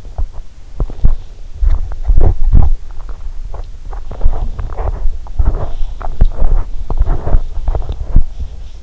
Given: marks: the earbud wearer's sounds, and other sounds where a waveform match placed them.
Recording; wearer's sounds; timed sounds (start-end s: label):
sounds in sleep by an in-ear microphone; body movement
0.00-8.53 s: body movement